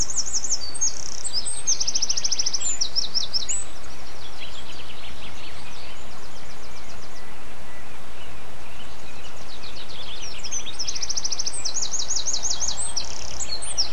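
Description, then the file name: Bird song: lively high trills at the start and again near the end, with fainter twittering between them and steady hiss throughout. Birdsong dated 11 04 07, recorded on an MZ-N710 device. "MZ-N 710 Chants d oiseaux 11 04 07"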